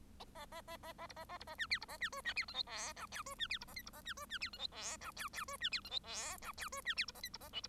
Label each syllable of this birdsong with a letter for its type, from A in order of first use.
A A A A A B A A B A C D B A C E C D F G H I J E C D B A K B A C E C D F G H I J J E C D F G H I J E C D B A K B A L B